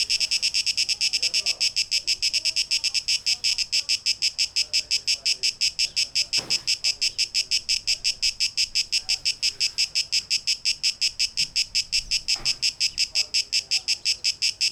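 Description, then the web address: Cicada song: a dense high-pitched buzz broken into quick regular pulses, continuing without pause, with a couple of brief soft knocks. Cicadas, 12 August 2023, tape echo mix. "rauschpartikel 2023-08-12 Zikaden"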